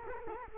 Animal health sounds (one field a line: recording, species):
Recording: mosquito wingbeat signal from an infrared sensor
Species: Culex quinquefasciatus